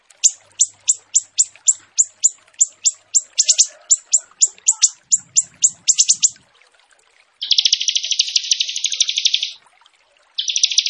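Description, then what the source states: Bird song: a rapid series of sharp chirps, about three per second, followed by a dense buzzing trill and a brief further burst. Training recording of a vigorously singing bird.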